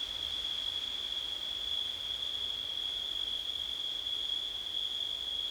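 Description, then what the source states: Crickets trilling in a steady, unbroken high-pitched drone with a faint hiss beneath it. Recorded on a windy night in September.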